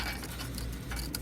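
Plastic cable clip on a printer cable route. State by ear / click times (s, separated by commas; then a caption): seated / 1.2 s. A plastic cable-retaining clip on a DCS 1800S/BG printer cable route is pressed closed over the cables during a cable replacement, checking that none are pinched. Soft handling ticks come before a short, sharp click at 1.2 s as the clip snaps in and seats.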